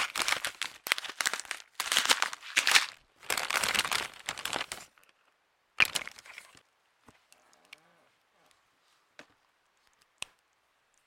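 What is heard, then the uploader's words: Bright crinkling and rustling from making homemade stress balls fills the first five seconds in dense, choppy bursts. After a short sharp crunch near six seconds, it goes quiet apart from scattered small taps and clicks, with one crisp tick near ten seconds. Making Squoosh-os DIY Stress Balls (No Talking ASMR Quiet Play).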